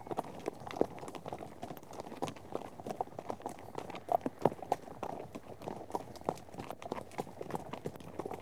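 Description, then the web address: Horse hooves clattering in a busy, uneven rhythm, with a few louder knocks standing out from the steady tramping. A herd of horses out on a trek. "BBC Sound Effects Library - Horses Herd of horses out on trek"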